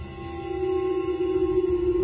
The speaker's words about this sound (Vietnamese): Từ trong thanh kiếm, một tiếng rồng gầm vang lên.